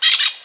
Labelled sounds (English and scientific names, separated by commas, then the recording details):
Brown-throated Parakeet (Eupsittula pertinax) contact call
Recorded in Venezuela
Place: Guárico; Corozopando; Fundo La Fe
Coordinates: 8.506, -67.593